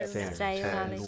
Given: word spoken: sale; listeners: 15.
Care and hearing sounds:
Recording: one English word in noise, from a listening test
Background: four-talker babble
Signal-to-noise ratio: -0.6 dB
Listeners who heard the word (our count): 3 of 15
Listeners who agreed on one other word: 10 of 15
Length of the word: 0.67 s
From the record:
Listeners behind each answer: 10, 3, 1, 1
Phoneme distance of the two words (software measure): 7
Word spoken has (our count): 1 syllable, 3 phonemes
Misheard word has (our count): 1 syllable, 4 phonemes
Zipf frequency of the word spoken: 4.89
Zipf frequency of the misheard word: 3.28

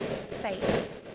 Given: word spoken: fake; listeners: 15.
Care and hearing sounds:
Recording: one English word in noise, from a listening test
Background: noise modulated by three-talker babble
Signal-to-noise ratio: -7.5 dB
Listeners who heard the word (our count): 1 of 15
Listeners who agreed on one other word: 13 of 15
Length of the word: 0.75 s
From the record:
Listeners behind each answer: 13, 1, 1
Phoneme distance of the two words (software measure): 10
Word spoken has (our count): 1 syllable, 3 phonemes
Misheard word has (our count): 1 syllable, 3 phonemes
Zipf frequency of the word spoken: 4.51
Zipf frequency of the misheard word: 4.22

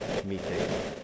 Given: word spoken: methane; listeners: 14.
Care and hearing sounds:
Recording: one English word in noise, from a listening test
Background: noise modulated by three-talker babble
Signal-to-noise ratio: -4.2 dB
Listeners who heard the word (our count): 1 of 14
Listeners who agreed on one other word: 10 of 14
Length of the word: 0.64 s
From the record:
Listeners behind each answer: 10, 1, 1, 1, 1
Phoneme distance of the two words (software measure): 30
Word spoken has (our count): 2 syllables, 5 phonemes, stress on syllable 1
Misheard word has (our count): 2 syllables, 5 phonemes, stress on syllable 1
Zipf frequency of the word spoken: 3.39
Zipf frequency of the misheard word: 5.03

